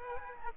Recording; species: mosquito wingbeat signal from an infrared sensor; Aedes aegypti